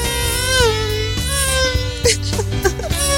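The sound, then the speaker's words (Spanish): A person imitates a mosquito's whine, like a mosquito landing by one's ear at night, with a sustained, buzzing, nasal hum that wavers and slides in pitch across about three seconds, with no other talking. “Bueno, pero lo que iba yo con los mosquitos es de que llegan en la noche los mosquitos y se te paran en el oído y vas. Se oye así a lo lejos”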